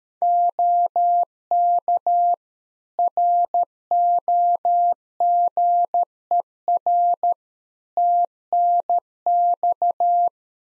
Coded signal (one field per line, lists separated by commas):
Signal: Morse code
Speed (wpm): 13 wpm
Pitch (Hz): 700 Hz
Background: none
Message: OK ROGER TNX